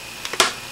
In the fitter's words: snap it into place